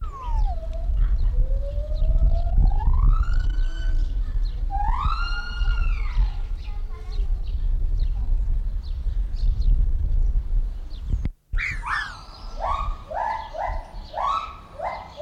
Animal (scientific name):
Hylobates lar